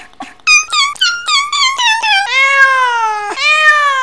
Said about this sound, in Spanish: Yo me he fijado que algunas gatas cuando están en época de apareamiento, pues eso, parece de repente te rayas y dices, esto es una persona, un gato